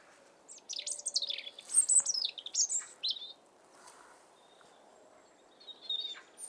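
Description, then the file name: European robin delivering a long, rich warbling phrase of rapid high whistles and trills that jump up and down in pitch, then a quieter faint phrase later. "Erithacus rubecula"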